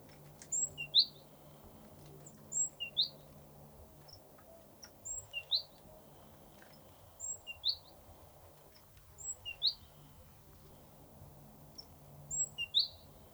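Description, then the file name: Great tit calls: short, high, thin two- and three-note phrases, each sliding down, repeated at intervals of a few seconds over a faint low hum. "Parus major"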